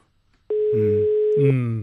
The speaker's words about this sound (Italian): Squilla il telefono della Zanzara.